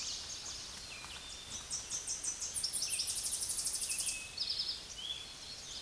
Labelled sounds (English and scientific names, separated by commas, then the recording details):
Eastern Towhee (Pipilo erythrophthalmus) song
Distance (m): 50 m
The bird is about 25 m above the microphone
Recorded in a Pennsylvania forest on 16 May 2024 at 08:52
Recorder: AudioMoth, point MSD-2349
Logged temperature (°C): 15.8 °C
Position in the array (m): 58 m, 14 m